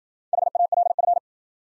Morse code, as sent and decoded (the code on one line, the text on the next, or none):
.... .- .-.. ..-.
HALF